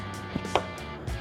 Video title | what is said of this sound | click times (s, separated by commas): Unboxing the Ultimate Overland Micro E-Bikes - Jackrabbit OG & XG | and then it's going to lock into place and then you lock him away | 0.6 s